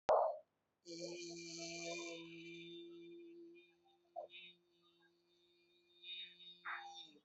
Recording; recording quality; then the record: sustained vowel as in beet; excellent, no background noise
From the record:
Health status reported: healthy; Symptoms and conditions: none ticked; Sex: male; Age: 30 years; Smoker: not ticked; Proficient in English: yes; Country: India